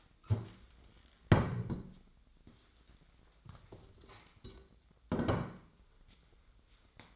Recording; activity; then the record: daily activity, microphone in the room; stand up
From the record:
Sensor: 3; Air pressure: 1012.2 hPa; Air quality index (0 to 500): 174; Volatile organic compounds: 3 ppm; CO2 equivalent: 1335 ppm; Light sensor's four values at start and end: 88/213/96/114 and 86/188/89/99